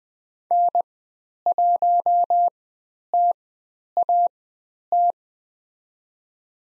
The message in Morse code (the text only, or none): N1TAT